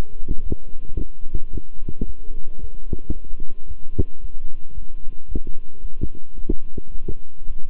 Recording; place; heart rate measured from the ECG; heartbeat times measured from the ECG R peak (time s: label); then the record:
heart sounds by stethoscope; between the tricuspid and mitral areas; 111 bpm
0.41 s: heartbeat
0.96 s: heartbeat
1.50 s: heartbeat
2.04 s: heartbeat
2.58 s: heartbeat
3.12 s: heartbeat
3.66 s: heartbeat
4.19 s: heartbeat
4.73 s: heartbeat
5.27 s: heartbeat
5.80 s: heartbeat
6.34 s: heartbeat
6.90 s: heartbeat
7.46 s: heartbeat
From the record:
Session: walking at 3.7 km/h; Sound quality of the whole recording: good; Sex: male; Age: 26 years